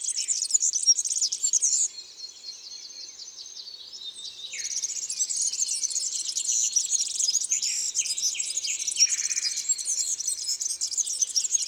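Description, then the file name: European serin song: a brief high jangling burst, a quieter stretch, then a long, sustained rapid jingle of sibilant, wheezy notes with some slightly lower chirps mixed in. "Serin cini"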